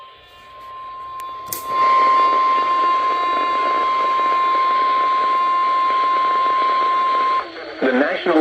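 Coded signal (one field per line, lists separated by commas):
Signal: Emergency Alert System (SAME) tones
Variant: 1050 Hz attention tone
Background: speech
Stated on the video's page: Real EAS alerts recorded 7/9/23.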